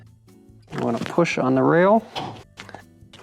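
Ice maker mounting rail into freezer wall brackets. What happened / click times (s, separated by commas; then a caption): The plastic rail clicked into its bracket / 3.1 s. A technician pushes the plastic mounting rail of a GE refrigerator's ice maker assembly into the freezer wall brackets until it clips in all the way. Someone talks over faint background music and some soft knocks. A click at 3.1 seconds marks the rail seating fully in the bracket.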